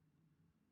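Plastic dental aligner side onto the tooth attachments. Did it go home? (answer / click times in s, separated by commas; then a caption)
no / none. The side of a plastic dental aligner is being pressed onto the remaining tooth attachments. Only a faint, steady low hum is heard, with no distinct click. Nothing has seated or clicked yet.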